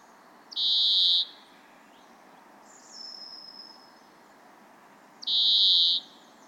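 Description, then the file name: European greenfinch giving loud, flat, buzzy wheezes lasting under a second, two strong ones about five seconds apart with a fainter thin note between, in a quiet background. "Chloris chloris"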